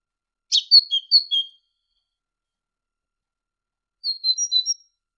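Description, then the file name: Great tit song as two short phrases of high twittering notes separated by a long silent gap, the second phrase softer. Masteran training recording for songbirds. "suara masteran great tit"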